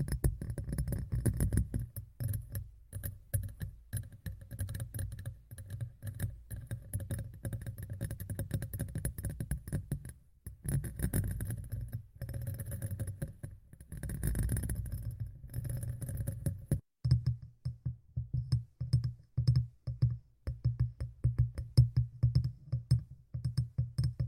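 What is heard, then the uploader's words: Rapid tapping sits right against the microphone, a dense run of small knocks with a heavy low thump under each one. Short pauses fall near 10 and 17 seconds, and faint clinks like light glass or keys ring above the taps. ASMR Tapping in Your Ear (No Talking).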